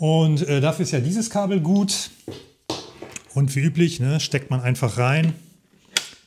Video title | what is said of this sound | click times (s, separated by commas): Jackery Navi 2000 - 2 kWh Balkonkraftwerk Speicher - Kann dieser Solarspeicher wirklich alles? | ein bayonettverschluss und dann rastet es ein und der Rest kommt in die Steckdose hier | 6.0 s